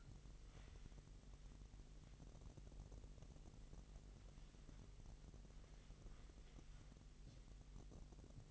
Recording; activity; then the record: daily activity, microphone in the room; wipe stove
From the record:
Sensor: 4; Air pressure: 1001.8 hPa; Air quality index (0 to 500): 248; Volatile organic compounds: 41 ppm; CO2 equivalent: 3166 ppm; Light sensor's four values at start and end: 8/18/7/6 and 8/18/7/6